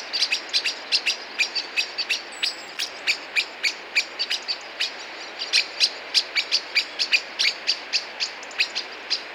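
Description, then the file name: Common blackbird sharp clicking calls, hard chink-like notes repeated steadily about three to four times a second throughout, over faint background hiss. "Turdus merula"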